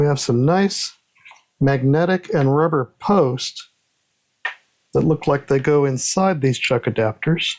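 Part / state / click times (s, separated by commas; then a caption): magnetic post into chuck adapter / not seated / none. Someone talks while handling magnetic rubber posts meant to go inside the chuck adapters of an xTool RA3 rotary, with a brief sharp sound at about 4.5 s in a pause between phrases. Nothing has seated or clicked into the adapter yet.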